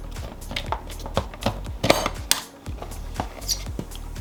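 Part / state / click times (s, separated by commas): outer bowl with pint container into the ice cream machine base / seated / 2.3 s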